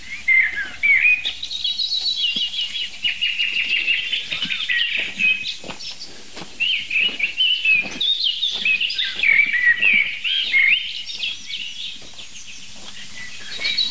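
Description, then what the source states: Bunting song: a high, slightly metallic song that runs on throughout, amid other birdsong. Bunting singing the same strophe repeatedly; this species has strong song dialects like the chaffinch; described as tinny and slightly sad.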